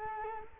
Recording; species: mosquito wingbeat signal from an infrared sensor; Culex quinquefasciatus